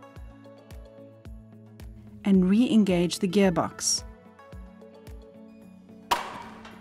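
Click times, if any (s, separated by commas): 6.1 s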